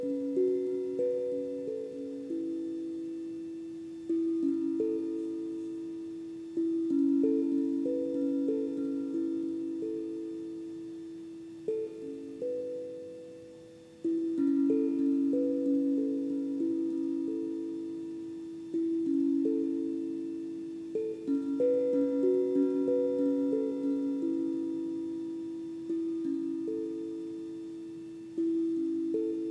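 Crystal and Tibetan bowls ring in overlapping, sustained tones, struck every few seconds with sharp onsets that slowly fade. The pitches sit mostly low-mid, shifting among a few notes, with faint higher overtones shimmering above. The ringing never stops.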